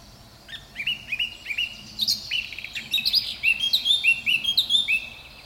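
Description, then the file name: Eurasian blackcap song: a run of short whistled notes building into a louder, fluty warble of repeated phrases over steady faint background noise. "Sylvia atricapilla"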